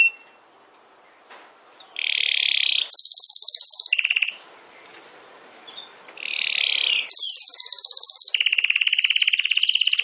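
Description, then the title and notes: Domestic canary song: bursts of loud rolling trills and high rapid pulsed tours, separated by short quiet gaps, changing pitch from phrase to phrase. Belgian canary singing; recording labelled Campainha. "Canário Belga Campainha Canary Singing. Canario Belga Cantando"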